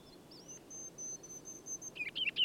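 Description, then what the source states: Ruby-crowned Kinglet: small songbird singing a string of very high thin notes followed by a few quick chattering phrases over faint background hiss. Northern forest; bird sang from a fir limb about 20 feet up during a continual aerial display at lunchtime, flitting out 4-5 feet, somersaulting and hovering before returning; recording left raw, unmastered.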